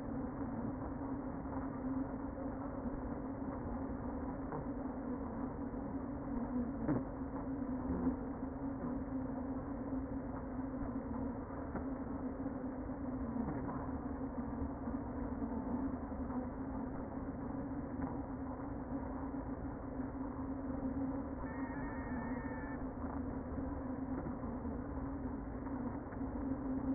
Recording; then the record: honeybee colony, microphone inside the hive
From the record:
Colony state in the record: queen present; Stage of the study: before two queens were removed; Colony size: about 60,000 bees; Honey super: yes